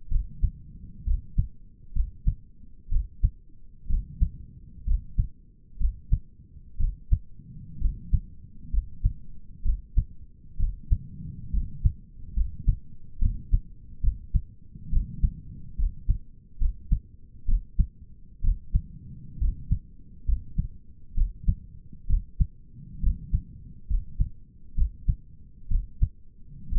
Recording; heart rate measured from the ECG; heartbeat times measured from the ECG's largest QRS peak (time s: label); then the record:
heart sounds by stethoscope; 65 bpm
0.11 s: heartbeat
1.06 s: heartbeat
1.95 s: heartbeat
2.91 s: heartbeat
3.89 s: heartbeat
4.86 s: heartbeat
5.80 s: heartbeat
6.79 s: heartbeat
7.81 s: heartbeat
8.73 s: heartbeat
9.65 s: heartbeat
10.59 s: heartbeat
11.53 s: heartbeat
12.36 s: heartbeat
13.21 s: heartbeat
14.03 s: heartbeat
14.92 s: heartbeat
15.78 s: heartbeat
16.60 s: heartbeat
17.48 s: heartbeat
18.43 s: heartbeat
19.40 s: heartbeat
20.27 s: heartbeat
21.16 s: heartbeat
22.09 s: heartbeat
23.02 s: heartbeat
23.89 s: heartbeat
24.77 s: heartbeat
25.70 s: heartbeat
26.72 s: heartbeat
From the record:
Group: healthy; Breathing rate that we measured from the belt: 16 breaths a minute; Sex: male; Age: 22 years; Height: 181 cm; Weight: 79 kg